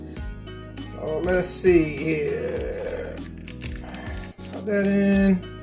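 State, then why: Not seated. A plastic part is handled and lined up to be pushed into a collectible action figure while someone talks over background music, with a few faint plastic ticks around 3.4 to 3.8 seconds. The clip ends before the part goes home, so nothing has seated or clicked yet.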